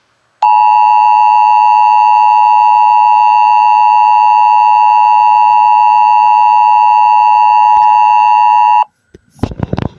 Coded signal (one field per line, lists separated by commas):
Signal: Emergency Alert System (SAME) tones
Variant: 853 and 960 Hz attention tone